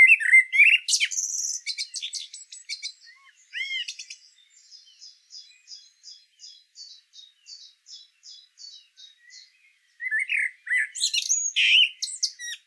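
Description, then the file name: Common blackbird song: rich warbles and squeaks at the start, a quieter series of high repeated chirps in the middle, then more warbled phrases. "Turdus merula"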